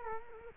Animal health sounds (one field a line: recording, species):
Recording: mosquito wingbeat signal from an infrared sensor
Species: Culex quinquefasciatus